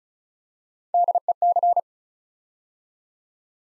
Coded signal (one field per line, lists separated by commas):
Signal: Morse code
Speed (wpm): 36 wpm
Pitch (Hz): 700 Hz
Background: none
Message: DEC